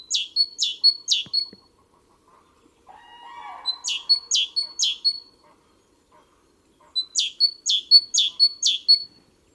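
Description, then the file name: Great tit singing high, ringing two-note phrases repeated in runs, with a brief lower buzzy sound between the first and second runs. "Parus major"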